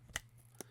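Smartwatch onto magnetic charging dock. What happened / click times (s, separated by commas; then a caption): The watch snapped onto its magnetic charger / 0.2 s, 0.6 s. A TAG Heuer Caliber Connected E4 smartwatch, still wrapped in its vinyl protective film, is set horizontally onto its magnetic charging puck. A sharp click at 0.2 s and a second click at 0.6 s are heard over a low steady hum. The magnet pulls the watch in and holds it, so it is seated on the charger.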